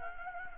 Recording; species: mosquito wingbeat signal from an infrared sensor; Anopheles gambiae